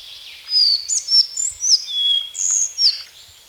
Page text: Collared Flycatcher Song. Quick Sounds